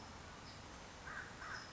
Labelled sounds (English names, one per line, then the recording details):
American Crow
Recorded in Sonoma County, California